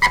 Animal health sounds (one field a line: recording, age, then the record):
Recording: pig call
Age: piglet (1 to 25 days)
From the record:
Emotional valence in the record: positive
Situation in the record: after nursing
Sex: male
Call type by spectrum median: low-frequency call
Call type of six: high-frequency stable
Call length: 0.10 s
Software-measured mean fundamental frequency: 194 Hz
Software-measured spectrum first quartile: 912 Hz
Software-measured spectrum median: 1677 Hz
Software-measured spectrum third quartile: 2235 Hz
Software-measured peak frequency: 988 Hz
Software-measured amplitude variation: 108 dB a second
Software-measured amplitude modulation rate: 4.8 a second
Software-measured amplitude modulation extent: 22.5 dB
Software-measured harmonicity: 7.8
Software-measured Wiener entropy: -2.21